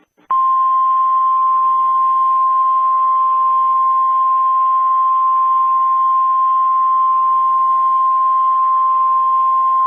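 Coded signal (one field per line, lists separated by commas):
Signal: Emergency Alert System (SAME) tones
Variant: 1050 Hz attention tone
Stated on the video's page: Fictional EAS mini scenario.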